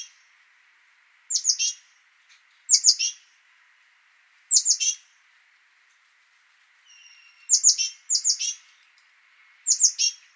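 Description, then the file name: Great tit calls: clusters of two or three quick, high, downslurred notes, repeated at irregular intervals. "Parus major"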